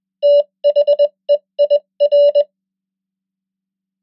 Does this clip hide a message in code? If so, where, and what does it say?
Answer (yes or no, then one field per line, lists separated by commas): yes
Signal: Morse code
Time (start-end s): 0.2-2.4 s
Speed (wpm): 20 wpm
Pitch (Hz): 580 Hz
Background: none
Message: THEIR